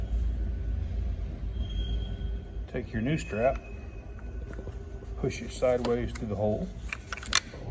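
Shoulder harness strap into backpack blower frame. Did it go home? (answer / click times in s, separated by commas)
yes / 7.4 s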